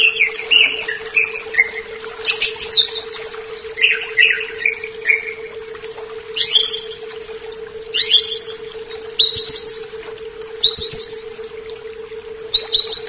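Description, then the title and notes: Leafbird singing varied phrases of sweeping whistles and sharp chirps, each burst separated by short pauses, with a constant background hum. "CCKIJDaunKecil. Cucak Ijo"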